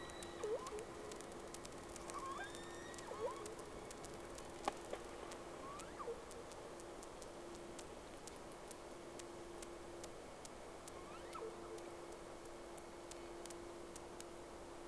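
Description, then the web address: Whale calls as brief upswept whistles and chirps spread through the first part and again near the end, with scattered clicks and a constant low hum. Two whales, recorded 3 October 2006. "Sea Snake 10-3-06 Whales X 2"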